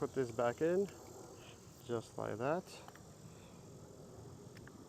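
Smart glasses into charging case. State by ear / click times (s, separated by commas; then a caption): seated / 4.6 s, 4.7 s. Someone talks as Oakley HSTN Meta smart glasses are put back into their plastic charging case, then small clicks are heard at 4.6 and 4.7 seconds. The glasses snap into place in the case and won't fall out.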